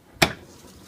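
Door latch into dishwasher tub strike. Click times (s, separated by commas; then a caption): 0.2 s. A dishwasher door is pushed shut and its latch catches in the tub strike, making one loud, sharp click at 0.2 s. Afterward only a faint, quiet background remains. Water is later found inside, showing the latch engaged.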